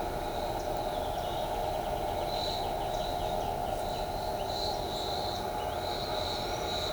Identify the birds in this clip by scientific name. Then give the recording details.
none. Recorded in shrubland near Pivijay, Magdalena, Colombia, on 18 April 2023 at 10:30. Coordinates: 10.453, -74.365. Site P5-G022